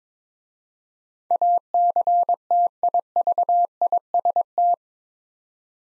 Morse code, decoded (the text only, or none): ACTIVIST